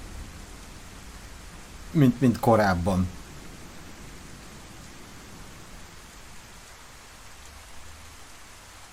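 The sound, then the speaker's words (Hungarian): Steady, hissing storm rain from a video game pours without pause throughout, with a brief burst of a man's speech near the start cutting over the constant downpour. “Esküszöm, ijesztőbbek ezek a vihar hangok.”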